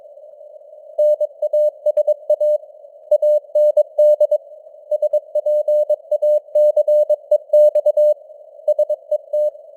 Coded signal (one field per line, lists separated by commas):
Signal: Morse code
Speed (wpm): 22 wpm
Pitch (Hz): 600 Hz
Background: none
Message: NASA AND SPACEX SET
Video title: Morse Code News | 2026-01-10 | 22wpm